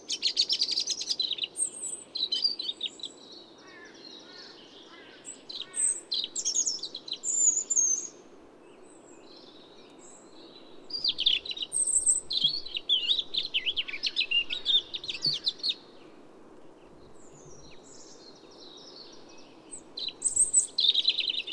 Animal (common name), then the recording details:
European Robin. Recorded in the wild. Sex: male. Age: adult. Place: Schönow, Naturpark Barnim, Brandenburg, DE. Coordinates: 52.6858, 13.5347. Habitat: forest. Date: 2005-03-28. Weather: fair, ca. 3 - 4°C, weak winds. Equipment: Tascam DA-P1, Telinga Pro 5. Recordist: Frommolt, Karl-Heinz